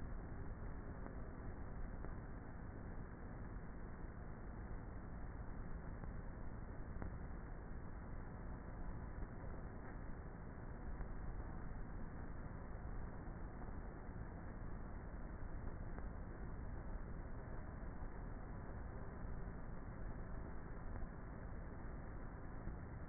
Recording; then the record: honeybee colony, microphone inside the hive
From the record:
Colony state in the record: queenless with a low population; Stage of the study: before two queens were removed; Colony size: about 30,000 bees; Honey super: no